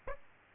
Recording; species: mosquito wingbeat signal from an infrared sensor; Aedes aegypti